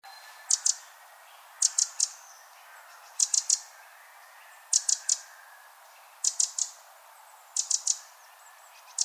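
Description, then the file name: Eurasian wren calling with sharp, hard ticking notes in clusters of two or three, repeated roughly every one and a half seconds over a steady background hiss. "Troglodytes troglodytes"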